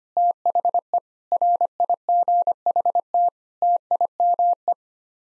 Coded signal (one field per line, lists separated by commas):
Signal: Morse code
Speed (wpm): 25 wpm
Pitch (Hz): 700 Hz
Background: none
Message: THE RIGHT TIME